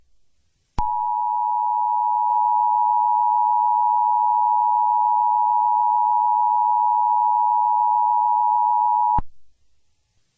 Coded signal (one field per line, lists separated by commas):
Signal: Emergency Alert System (SAME) tones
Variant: 853 and 960 Hz attention tone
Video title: EAS Scenario #7: The Chameleons Dominance (Kung Fu Panda)